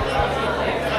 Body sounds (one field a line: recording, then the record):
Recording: background sound without coughing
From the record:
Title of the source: CITY SOUNDS Busy Bar in the Evening Night - 2 HOURS of Ambiance for Relaxation